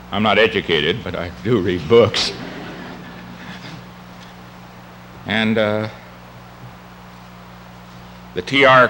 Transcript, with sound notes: I am not educated, but I do read books— [laughter] and the T.R.